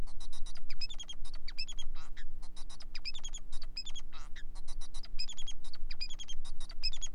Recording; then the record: song of a male Bengalese finch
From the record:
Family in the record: son of father 4